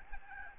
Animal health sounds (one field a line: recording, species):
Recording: mosquito wingbeat signal from an infrared sensor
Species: Aedes albopictus